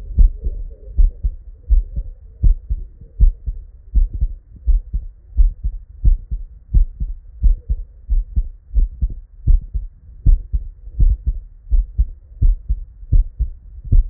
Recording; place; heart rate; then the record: heart sounds by stethoscope; Erb's point; 96 bpm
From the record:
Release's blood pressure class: hypertension stage 1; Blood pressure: 133/64 mmHg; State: at rest